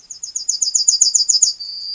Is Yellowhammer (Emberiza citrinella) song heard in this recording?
yes